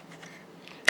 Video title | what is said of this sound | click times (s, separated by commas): Canon EOS 90D Video Creator Kit Unboxing | you'll feel kind of click as it gets inserted | 0.9 s